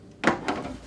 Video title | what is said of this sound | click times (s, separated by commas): How to Change Your Aprilaire Humidifier's Water Panel: Jerry Kelly HVAC | the cover just pops in | 0.3 s, 0.5 s